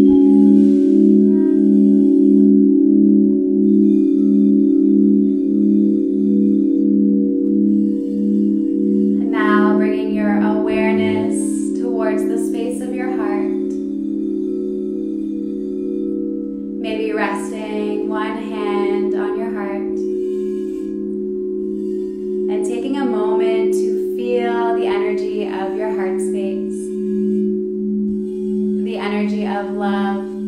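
Large crystal alchemy bowls hum a steady, low, slowly pulsing drone throughout, while a voice speaks in short bursts from about ten seconds on.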